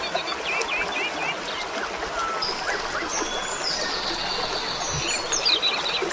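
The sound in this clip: Bird song of quick repeated chirps early on, followed by drawn-out high whistled notes, all over a continuous rushing stream-like noise.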